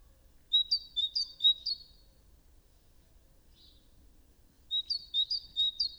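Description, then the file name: Great tit singing rhythmic two-note phrases, a run of several and another after a pause of a few seconds, over light low background noise. "Parus major"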